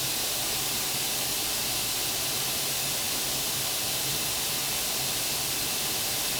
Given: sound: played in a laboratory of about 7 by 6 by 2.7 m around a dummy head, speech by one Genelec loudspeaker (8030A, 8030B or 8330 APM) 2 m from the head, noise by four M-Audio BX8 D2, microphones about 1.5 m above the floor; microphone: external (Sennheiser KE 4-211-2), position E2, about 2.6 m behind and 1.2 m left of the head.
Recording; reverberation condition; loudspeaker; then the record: white noise; medium; four, about 170 cm from the corners of the room and facing them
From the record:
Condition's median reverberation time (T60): about 510 ms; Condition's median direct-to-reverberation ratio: about -0.5 dB